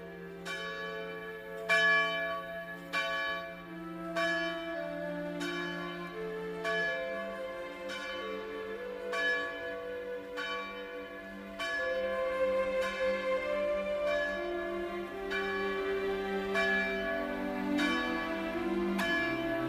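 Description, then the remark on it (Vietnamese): A church bell rings its first peal, waking people to go to Mass, steadily in a slow, regular rhythm, each resonant strike blending into a sustained, humming wash of overlapping tones that grows slightly fuller toward the end. “mới hơn 4 giờ sáng, cha đã ra nhà thờ lần hạt, chờ hồi chuông giáo đường đổ lần thứ nhất, đánh thức dân chúng dậy đi lễ.”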